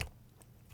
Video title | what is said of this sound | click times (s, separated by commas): X-Men - Wolverine (Comic Ver.) - MAFEX No.096 (Action Figure, 2020) | show you that again when I insert it clicks | 0.0 s